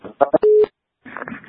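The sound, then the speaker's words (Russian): A few short electronic telephone beeps lead into a brief steady tone, then a muffled voice talks over the line. “Какой-то дурак звонит, ну.”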